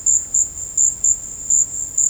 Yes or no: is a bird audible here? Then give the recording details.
no. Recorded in secondary vegetation near Puerto Asís, Putumayo, Colombia, on 22 December 2024 at 17:00. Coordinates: 0.481, -76.318. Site G042